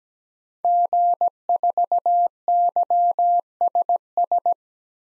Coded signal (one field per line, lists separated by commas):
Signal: Morse code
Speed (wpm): 17 wpm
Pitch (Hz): 700 Hz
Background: none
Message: G4YSS